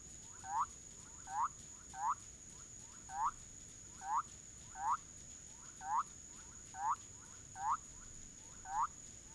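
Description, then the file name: Bolivian thin-toed frog calling with quick upslurred whoops, ten notes with soft secondary notes between, against a steady high whine. "Leptodactylus bolivianus"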